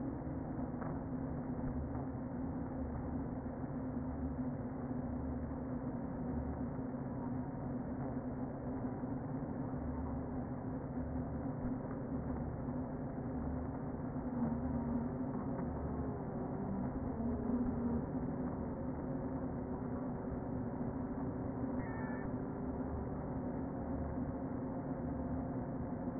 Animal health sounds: honeybee colony, microphone inside the hive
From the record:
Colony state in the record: queen present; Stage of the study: before two queens were removed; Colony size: about 60,000 bees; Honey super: yes

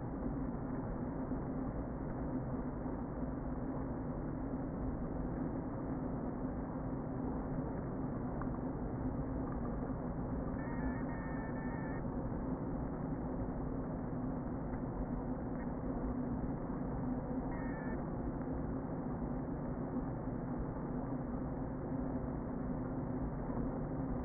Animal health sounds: honeybee colony, microphone inside the hive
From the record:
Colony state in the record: queen present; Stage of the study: before two queens were removed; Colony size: about 60,000 bees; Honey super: yes

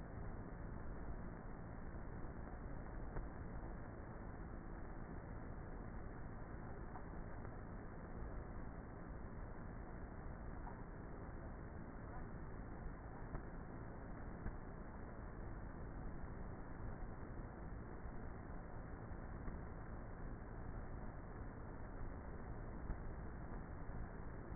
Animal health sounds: honeybee colony, microphone inside the hive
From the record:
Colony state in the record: queenless with a low population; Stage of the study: before two queens were removed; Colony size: about 30,000 bees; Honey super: no

